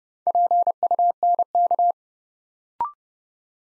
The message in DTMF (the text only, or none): none